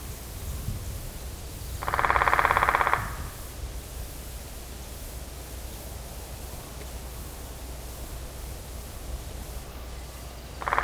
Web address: Matthew Kramer GUAG Audio GUAG SFX Island Woodpecker